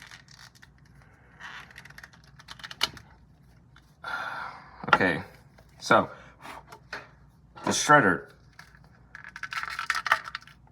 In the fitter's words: Okay, now you hear a snap.